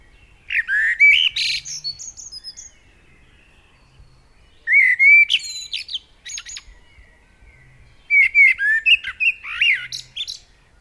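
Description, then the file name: Common blackbird delivering three separate song phrases roughly four seconds apart, each a low mellow warble followed by thin high twittering. "Turdus merula"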